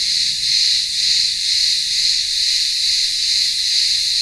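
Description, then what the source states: Cicadas keep up a harsh, unbroken high buzzing chorus that waxes and wanes slightly. Cicadas in the town square of a remote village on Ikaria island, Greece, in the midday heat.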